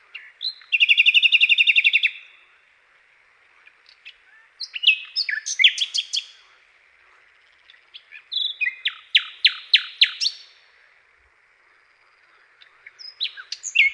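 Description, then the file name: Common nightingale singing: a fast rattling trill, then bursts of sharp chirps and a run of repeated clicking notes, with short silent gaps. "SLOWIKRDZAWY"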